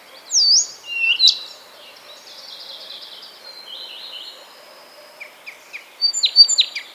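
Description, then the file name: Blyth's reed warbler opening with looping whistles, then a long buzzy, drawn-out trill, ending in quick repeated sharp ticks and chirps. "kamyshovka sadovaja"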